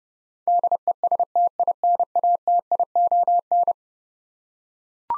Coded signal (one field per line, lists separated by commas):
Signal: Morse code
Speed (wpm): 30 wpm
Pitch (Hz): 700 Hz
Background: none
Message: DESTINATION